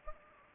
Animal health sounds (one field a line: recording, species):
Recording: mosquito wingbeat signal from an infrared sensor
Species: Anopheles gambiae